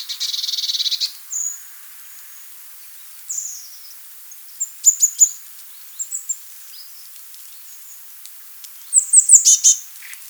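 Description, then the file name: Eurasian blue tit calls: an opening buzzy churr, then scattered thin high notes and a closing cluster of sharp high descending notes. "blaumeise"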